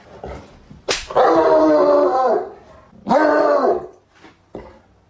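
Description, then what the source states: Cat meowing, two drawn-out tonal meows about a second long each, steady then dropping slightly at the end, with a sharp click before the first and faint knocks afterward. Mischievous cat.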